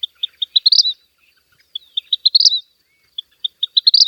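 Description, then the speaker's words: Vermilion Flycatcher flight song: short high tinkling notes accelerating into a rising stuttered flourish, repeated three times within a few seconds. Male's flight song, given near the peak of each undulation of a bouncing, butterfly-like courtship display flight above treetops to impress a would-be mate; pair bonds form each spring. "Near the peak of each undulation in his flight path, he belts out his flight song."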